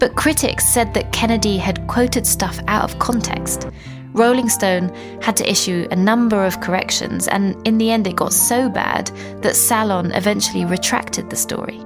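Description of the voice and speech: Clear, fluent narration by one adult speaker over a soft background music bed; normal speech.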